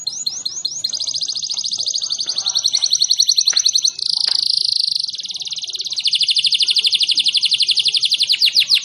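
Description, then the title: Canary song: extended rapid trills and buzzy rolls in several sections, with a short dip before a higher buzzing phrase in the middle. Canary whose song is described as gacor, ngotot and a long roll (roll panjang), meant to make other canaries answer right away (langsung nyaut). "LANGSUNG NYAUT GACOR DOR Kenari Manasaja, Dengan Kicau Kenari GACOR NGOTOT ROLL PANJANG"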